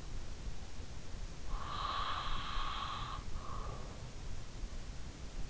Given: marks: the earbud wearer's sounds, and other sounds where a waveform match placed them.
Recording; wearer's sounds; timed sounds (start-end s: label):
sounds in sleep by an in-ear microphone; breath
0.95-4.09 s: breath